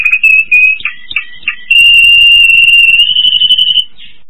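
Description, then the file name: Spanish Timbrado canary singing a steady high whistle, broken by a few quick slurred notes, then a long continuous rolling trill that rises slightly before stopping. "Golosa ptic - Ispanskaya pevchaya kanarejka Timbrados Spanich Timbrado Canary"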